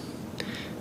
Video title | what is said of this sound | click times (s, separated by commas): Resperate Video Review and User Guide | then it's going to lock into place nicely there | 0.4 s